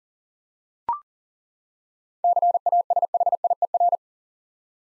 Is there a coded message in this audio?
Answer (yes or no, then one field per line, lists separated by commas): yes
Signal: Morse code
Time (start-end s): 2.2-4.0 s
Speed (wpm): 40 wpm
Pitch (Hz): 700 Hz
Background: none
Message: CASHIER